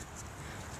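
A plastic clip on the rain fly of a 12-person instant tent is pushed one-handed onto the lower telescoping tent pole, but it fails to clip on because it can't quite be done with one hand. Only a steady low rumble and faint outdoor background are heard, with no sharp sounds. Nothing has seated or clicked yet.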